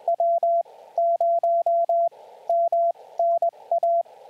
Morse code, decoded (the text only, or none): W0MNA